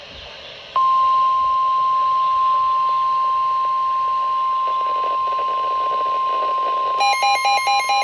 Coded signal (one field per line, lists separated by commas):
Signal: Emergency Alert System (SAME) tones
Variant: 1050 Hz attention tone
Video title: Spring Break Slight EAS Alerts from: 3/15/26 - 3/16/26